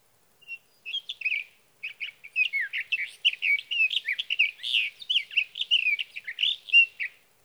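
Sage thrasher song, a sustained rambling warble of quick, varied musical notes, starting with a few short phrases then flowing continuously for about five seconds.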